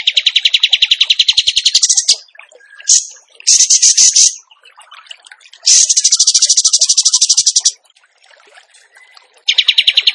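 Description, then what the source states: Bird song: long, rapidly pulsed buzzy trills mixed with shorter bursts and a thin whistled note, with soft background twitters. Masteran training recording of a gacor bird singing in tembakan style.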